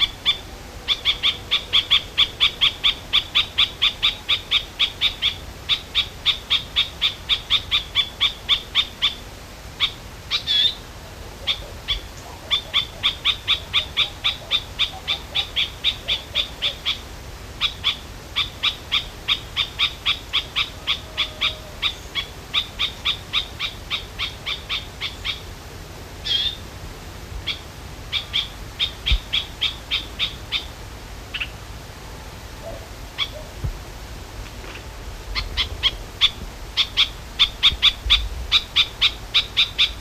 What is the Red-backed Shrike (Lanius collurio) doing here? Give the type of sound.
call